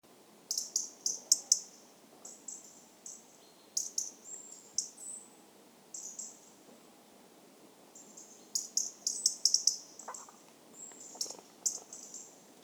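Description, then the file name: European robin singing thin, high, sweet phrases of trills and tumbling notes in short bursts separated by pauses, with a soft background hiss. "Erithacus rubecula"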